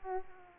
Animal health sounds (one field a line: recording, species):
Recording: mosquito wingbeat signal from an infrared sensor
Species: Aedes aegypti